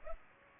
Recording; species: mosquito wingbeat signal from an infrared sensor; Culex pipiens